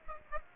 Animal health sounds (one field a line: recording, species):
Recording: mosquito wingbeat signal from an infrared sensor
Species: Aedes aegypti